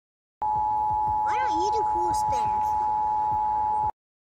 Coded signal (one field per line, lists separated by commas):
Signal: Emergency Alert System (SAME) tones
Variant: 853 and 960 Hz attention tone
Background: speech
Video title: EAS Scenario S1 E1 Russian Nuclear Power Plant Disaster